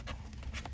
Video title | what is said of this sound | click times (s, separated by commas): Myers lemon and lime tree | you know you push it in tight yes absolutely there you go i heard the click | 0.7 s